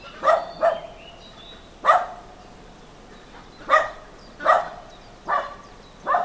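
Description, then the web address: Dog barking in short sharp barks, seven over about six seconds, the first two in a quick pair. Dog barking in a small farmyard with a traffic-free background. "Hollywood Edge Historical Series. Small Farmyard Dog Barking"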